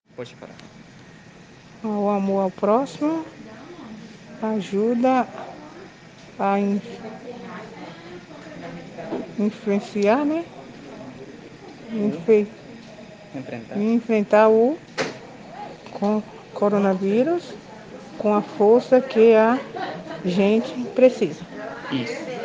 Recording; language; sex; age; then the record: spoken sentence; Brazilian Portuguese; female; 50 to 59 years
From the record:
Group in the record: respiratory insufficiency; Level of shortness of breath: 5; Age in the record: 58 years